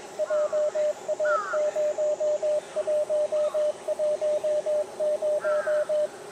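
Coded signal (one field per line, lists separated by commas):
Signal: Morse code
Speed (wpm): 24 wpm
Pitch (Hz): 600 Hz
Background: none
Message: JA0110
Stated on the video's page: Beginner Morse code at 18 WPM during a POTA park activation on 40m 7 MHz and 30m 10 MHz, including park-to-park contacts.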